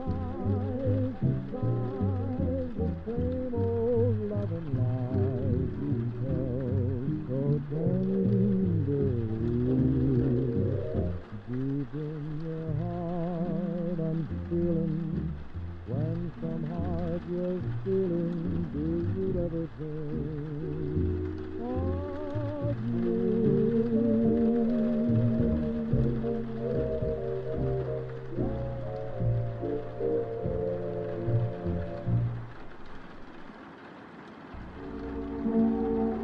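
Oldies music plays from another room, muffled and dull, with a singing melody and steady bass running throughout. A soft, even hiss of rain sits underneath. Near the end the music briefly thins and quiets before picking up again.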